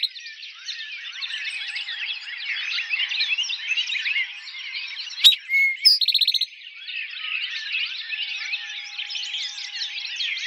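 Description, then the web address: Eastern towhee: dense twittering from a crowd of birds runs through most. Midway an Eastern towhee sings once: a plain whistled note, a higher note and a rapid trill. Recorded in 2007. "Eastern Towhee 2007 01 04 Eastern Towhee"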